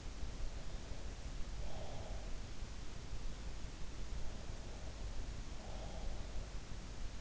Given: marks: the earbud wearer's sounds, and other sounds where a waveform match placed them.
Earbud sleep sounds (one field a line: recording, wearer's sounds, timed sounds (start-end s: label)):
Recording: sounds in sleep by an in-ear microphone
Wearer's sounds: breath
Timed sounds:
1.46-2.43 s: breath
4.13-6.46 s: breath